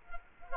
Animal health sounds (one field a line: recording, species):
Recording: mosquito wingbeat signal from an infrared sensor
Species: Culex quinquefasciatus